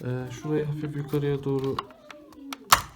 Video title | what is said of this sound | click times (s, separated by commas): Passat B8 ve B8,5 Arka Klima Yön Tuşu Tamir Ve Değişimi | Bir tık kaldırdığınız zaman zaten tık | 2.7 s